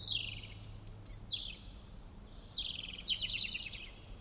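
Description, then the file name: European robin song: thin high whistles and tinkling trills in rapid succession, some notes sliding downward, with a low steady hum beneath. "Erithacus rubecula"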